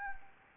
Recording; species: mosquito wingbeat signal from an infrared sensor; Anopheles arabiensis